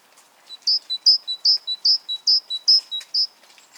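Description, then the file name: Great tit song, a bright two-note phrase, high then low, repeated about seven times in quick even succession. "Parus major"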